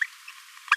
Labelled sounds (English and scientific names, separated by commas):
Green-rumped Parrotlet (Forpus passerinus) babbling